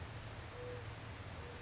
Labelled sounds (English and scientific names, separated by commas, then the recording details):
Mourning Dove (Zenaida macroura)
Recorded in Sonoma County, California